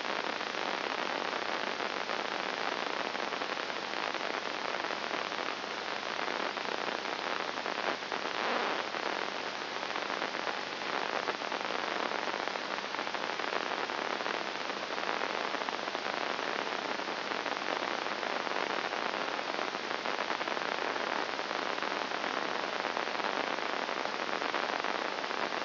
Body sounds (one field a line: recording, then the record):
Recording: brain microelectrode recording played as sound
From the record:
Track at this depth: outside the subthalamic nucleus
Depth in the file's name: 0.308 mm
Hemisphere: left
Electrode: 2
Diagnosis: Parkinson's disease